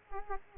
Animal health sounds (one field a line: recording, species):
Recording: mosquito wingbeat signal from an infrared sensor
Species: Culex quinquefasciatus